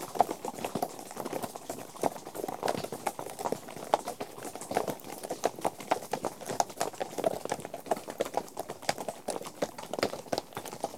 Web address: The BBC Sound Effects Library Horses